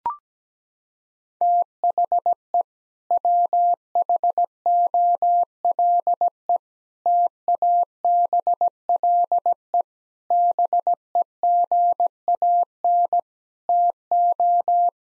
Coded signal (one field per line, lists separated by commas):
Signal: Morse code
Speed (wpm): 17 wpm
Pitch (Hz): 700 Hz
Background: none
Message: THE WHOLE TABLE BEGAN TO